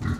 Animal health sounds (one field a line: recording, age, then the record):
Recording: pig call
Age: growing-finishing pig (85 days or more)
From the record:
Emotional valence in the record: positive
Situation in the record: run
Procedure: transit